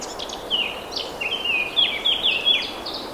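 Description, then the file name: Eurasian blackcap song: soft chirps leading into a louder rapid warble of bright whistled notes, continuous for about three seconds over hiss. "Sylvia atricapilla"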